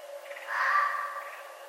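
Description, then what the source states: Red fox giving one rough call that swells and then tapers away, with a steady hum in the background. Recorded 11 November 2011.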